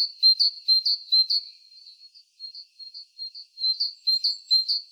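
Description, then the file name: Great tit calling in quick, rhythmic runs of high, clipped notes, softening in the middle before a strong repeated series returns. "Parus major"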